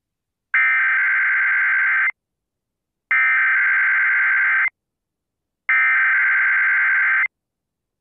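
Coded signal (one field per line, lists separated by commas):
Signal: Emergency Alert System (SAME) tones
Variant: header bursts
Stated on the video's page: Required Monthly Test on an FM broadcast station, originating the message for South Central Michigan EAS participants; header codes RMT event.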